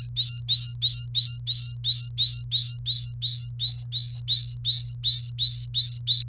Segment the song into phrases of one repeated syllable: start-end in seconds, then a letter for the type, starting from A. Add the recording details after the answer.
0.00-6.23 A. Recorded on 29 April 2018 at 09:14. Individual llb3